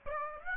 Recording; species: mosquito wingbeat signal from an infrared sensor; Aedes aegypti